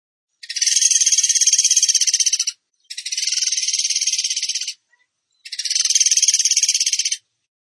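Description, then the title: Bird trill: three rapid rattling bursts of about two seconds each, separated by short silences. Masteran training recording of bird song in the tembakan gacor style. "Masteran Burung Tembakan Gacor"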